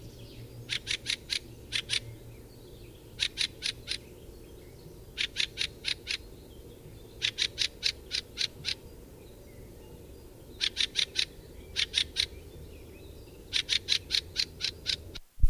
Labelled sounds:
Fieldfare (Turdus pilaris)

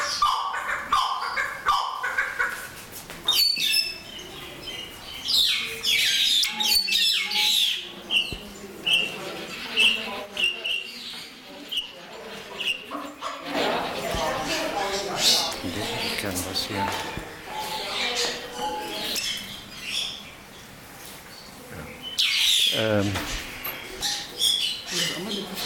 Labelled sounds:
White-headed Buffalo-Weaver (Dinemellia dinemelli)

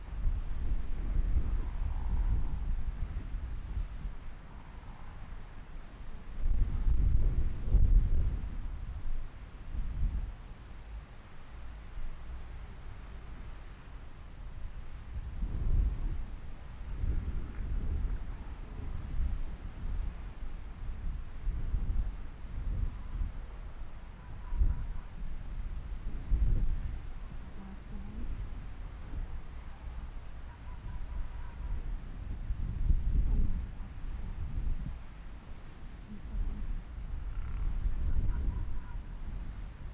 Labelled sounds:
Arctic Fox (Vulpes lagopus)

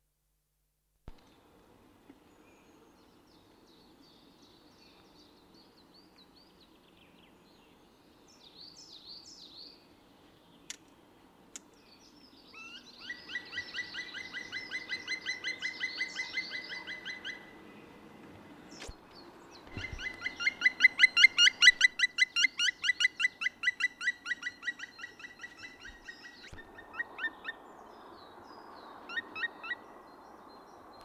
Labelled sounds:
Black Woodpecker (Dryocopus martius) call

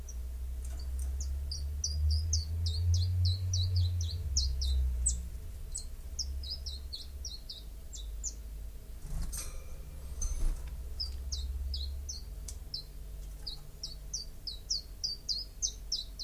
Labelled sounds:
Common Chiffchaff (Phylloscopus collybita) song

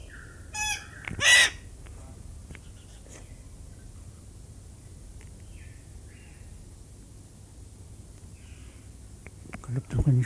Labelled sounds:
Red-tailed Black Cockatoo (Calyptorhynchus banksii) call

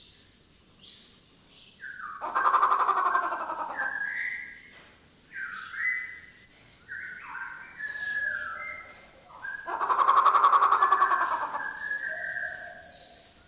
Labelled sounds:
White-rumped Shama (Copsychus malabaricus)

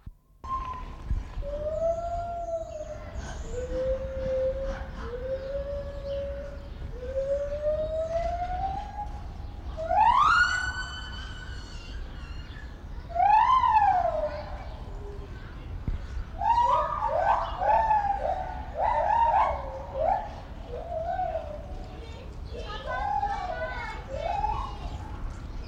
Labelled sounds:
Lar Gibbon (Hylobates lar) call

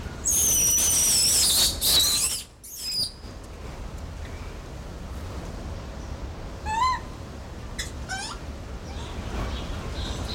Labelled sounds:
Japanese Macaque (Macaca fuscata) call

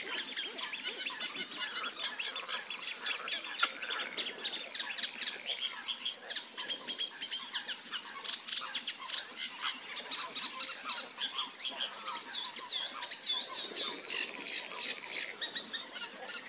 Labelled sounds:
Red-necked Grebe (Podiceps grisegena) call

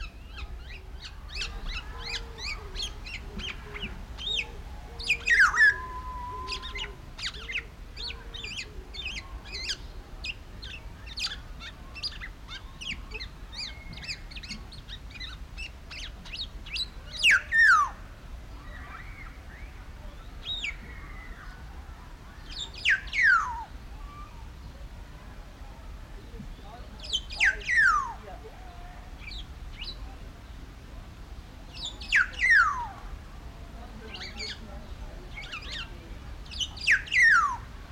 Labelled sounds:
Black-naped Oriole (Oriolus chinensis)

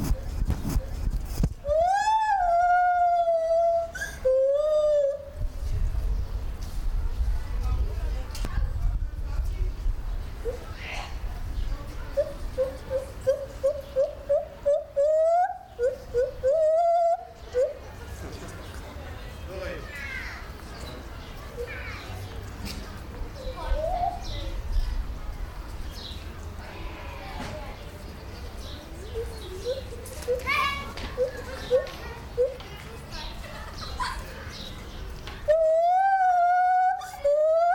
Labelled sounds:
Lar Gibbon (Hylobates lar)

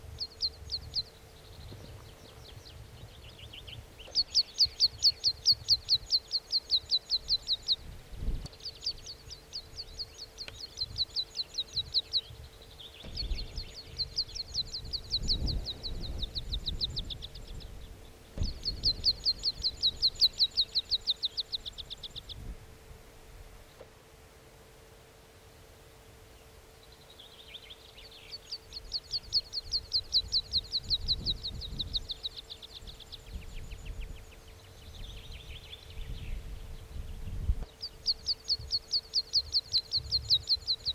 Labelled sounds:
Meadow Pipit (Anthus pratensis)

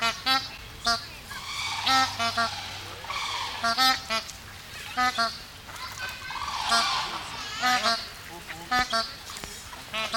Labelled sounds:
Sarus Crane (Grus antigone) call

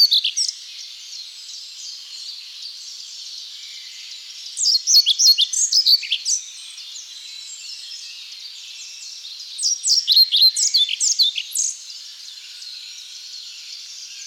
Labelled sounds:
European Pied Flycatcher (Ficedula hypoleuca) song

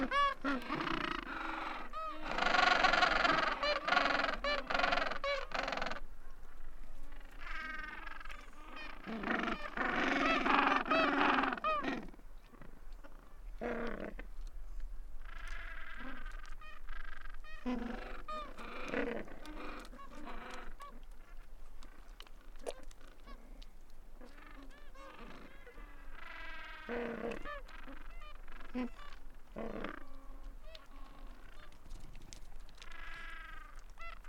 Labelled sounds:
Gentoo Penguin (Pygoscelis papua) call

